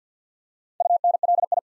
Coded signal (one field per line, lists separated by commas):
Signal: Morse code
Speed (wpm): 48 wpm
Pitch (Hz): 700 Hz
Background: none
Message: UNLI